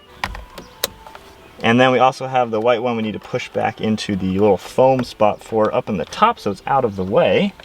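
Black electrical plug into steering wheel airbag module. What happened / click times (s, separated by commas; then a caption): The connector snapped into place / 0.2 s, 0.8 s. A black electrical plug is pushed all the way into its socket on the steering wheel airbag module of an A90 Toyota Supra while the airbag is refitted during a carbon fiber paddle shifter installation. Sharp clicks at 0.2 s and 0.8 s mark the plug seating, with smaller ticks around them. Then someone talks.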